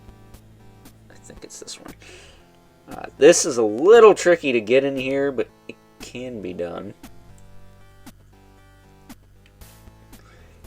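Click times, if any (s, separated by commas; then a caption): none. A small plastic holster piece is worked onto the hip of a DC Direct Target Exclusive Batman T.A.S. Collect-To-Build Jonah Hex action figure while someone talks. Faint plastic taps and handling sounds follow, but nothing has seated or clicked into place yet.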